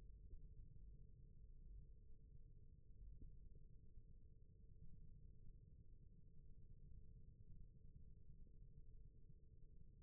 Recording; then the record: forearm muscle sounds (acoustic myography)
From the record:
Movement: rest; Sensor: system 1, eight BSWA MPA416 microphones around the upper forearm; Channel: 1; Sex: male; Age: 28 years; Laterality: right